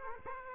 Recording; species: mosquito wingbeat signal from an infrared sensor; Aedes aegypti